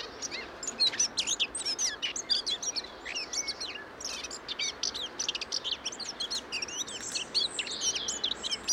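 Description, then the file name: Eurasian blackcap song: steady stream of bright, rapid warbled notes and slurred whistles, dense and unbroken for the whole stretch. "Sylvia atricapilla"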